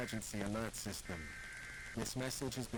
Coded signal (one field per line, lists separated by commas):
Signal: Emergency Alert System (SAME) tones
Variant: header bursts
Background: speech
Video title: Mock EAS Scenario (Gamma-Ray Burst Extinction Event)